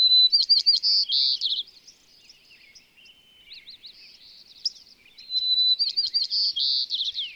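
Bird song: a loud burst of rapid whistled and buzzy notes, then a quieter stretch of thin chirps and trills, then another loud varied burst.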